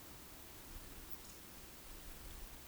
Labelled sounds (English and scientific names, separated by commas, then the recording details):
Eurasian Woodcock (Scolopax rusticola) whistle
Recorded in Baden-Württemberg, Germany, on 31 May 2021 at 20:12 UTC
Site 20675, 466 m above sea level